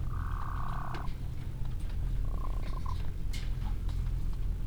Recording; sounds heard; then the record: poultry house recording; sick chickens (respiratory disease)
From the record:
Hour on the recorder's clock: 15